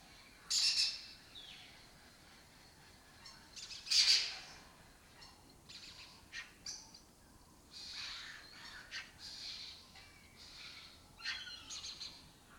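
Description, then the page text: Lesser kestrel harsh rasping calls, two loud bursts early on, with scattered softer chattering notes after. Breeding colony occupying an abandoned building complex in Doñana, southern Europe; migratory birds that forage in West Africa and breed in southern Europe. "Lesser Kestrels Took Over an Abandoned Building. Here in Doñana"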